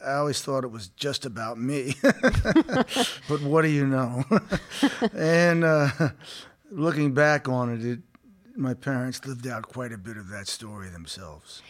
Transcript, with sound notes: I always thought it was just about me.
(LAUGHTER)
But what do you know?
(LAUGHTER)
And looking back on it, my parents lived out quite a bit of that story themselves.